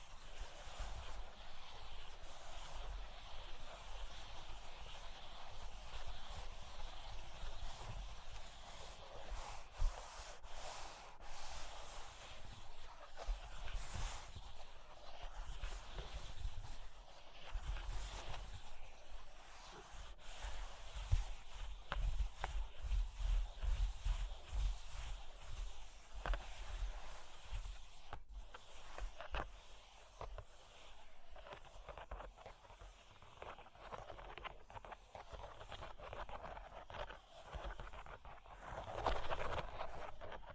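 Cork and wood being tapped, scratched and traced, heard as a steady run of dry scratching with frequent sharp taps scattered throughout. Clusters of quick knocks come around the middle, near twenty to twenty-five seconds, and a brighter rubbing swells near the end.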